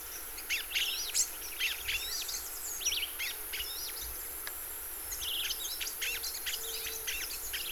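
Magpie tanager calls: a busy chatter of sharp chirps and slurred whistled notes in two bursts separated by a pause of over a second, over a steady high insect hum.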